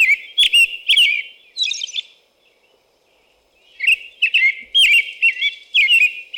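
American robin delivering bursts of whistled, warbled syllables, a squeaky high note, a short pause, then a lively run of caroling phrases.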